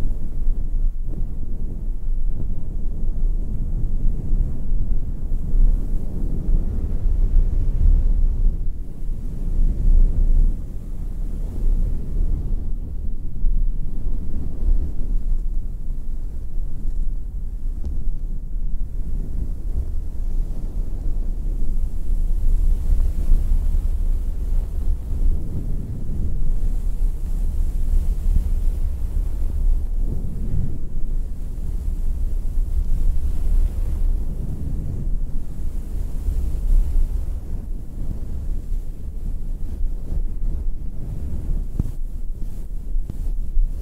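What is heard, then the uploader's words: A deep, bassy rubbing sound from a fluffy microphone, with almost everything in the low end and very little brightness above. It holds steady at an even level throughout, with soft, uneven swells every few seconds, like muffled wind buffeting the mic. ASMR deep brain massage - bassy, no talking, fluffy mic.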